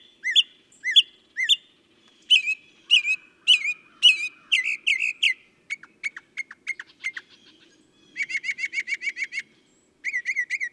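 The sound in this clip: Northern mockingbird singing a medley: repeated paired chirps, slurred warbles, a run of ticks, then a rapid trill-like series of repeated notes.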